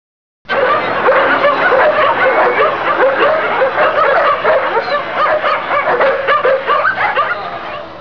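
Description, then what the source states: Dogs barking: several dogs yap and bark without pause in an overlapping chorus, with some higher whining notes mixed in. More than one dog.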